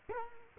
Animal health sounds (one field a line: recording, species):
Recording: mosquito wingbeat signal from an infrared sensor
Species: Culex quinquefasciatus